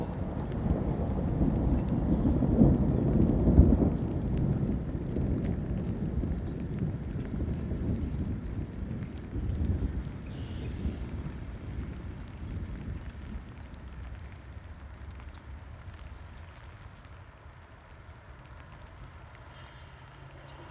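Rain falls steadily over open ground while a deep, rolling rumble swells in the first ten seconds, loudest around three seconds, then slowly fades. Fine crackling patter continues throughout, and the whole scene grows quieter and thinner toward the end.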